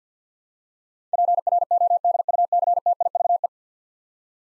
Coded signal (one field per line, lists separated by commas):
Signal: Morse code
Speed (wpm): 47 wpm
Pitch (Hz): 700 Hz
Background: none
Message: PRODUCTIVE